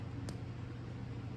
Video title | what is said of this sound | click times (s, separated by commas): StreetPilots taillight install #bobber #indianscout #bobber | in and you'll hear another click | 0.3 s